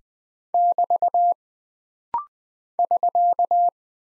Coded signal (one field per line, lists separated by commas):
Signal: Morse code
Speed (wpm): 20 wpm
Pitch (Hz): 700 Hz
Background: none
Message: <BT> <SK>